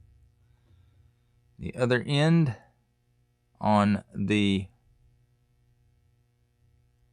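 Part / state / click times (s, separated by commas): plastic hose end into action figure pistol / not seated / none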